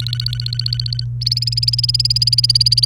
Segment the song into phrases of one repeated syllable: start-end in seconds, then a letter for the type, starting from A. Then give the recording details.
0.00-1.04 A, 1.21-2.86 B. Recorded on 29 April 2018 at 09:39. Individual llb3